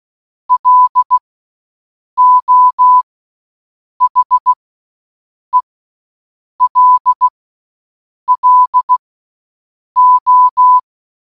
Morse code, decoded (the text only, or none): LO HELLO